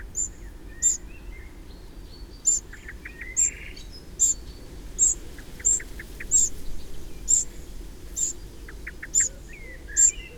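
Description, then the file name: Eurasian wren calls, sharp high ticks repeated about once a second, with faint short chirps and whistles of other birds lower down. "Troglodytes troglodytes"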